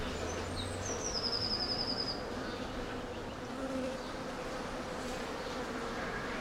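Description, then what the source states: Bees droning in a steady buzz while a bird calls briefly and then delivers a quick high trill early on. Bees in a city park.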